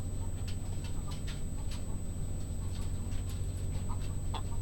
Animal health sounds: poultry house recording; sick chickens (respiratory disease)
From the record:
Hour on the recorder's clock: 20

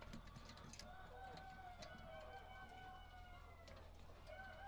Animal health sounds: poultry house recording; healthy chickens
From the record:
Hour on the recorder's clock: 18

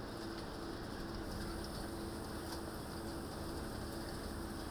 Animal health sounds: poultry house recording; healthy chickens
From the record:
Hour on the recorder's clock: 19

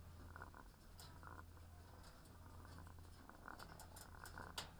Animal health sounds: poultry house recording; sick chickens (respiratory disease)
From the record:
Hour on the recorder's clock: 18

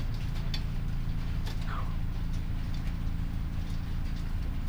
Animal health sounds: poultry house recording; sick chickens (respiratory disease)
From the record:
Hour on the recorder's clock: 2

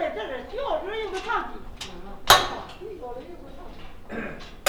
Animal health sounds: poultry house recording; no chicken sound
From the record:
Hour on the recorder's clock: 16

